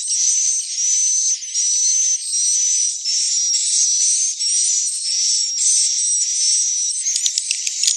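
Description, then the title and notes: Swiftlet twittering calls in dense, buzzy bursts, a steady high whistle tone underneath, ending in sharper clicking chirps. Swiftlet sound used for swiftlet farming in Asia. "Swiflet Bird Sound. Farming Swiflet Bird asia sound"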